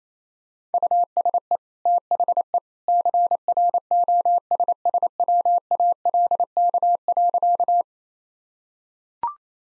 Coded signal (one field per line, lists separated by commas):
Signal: Morse code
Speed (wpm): 27 wpm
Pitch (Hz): 700 Hz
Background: none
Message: USE THE CROSSWALK.